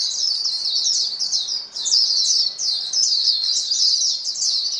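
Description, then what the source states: White-eye: high, fast, overlapping chirps and warbles in a dense chorus that briefly thins just before two seconds, then resumes strongly. Many white-eyes singing together as a chorus; known locally as pleci.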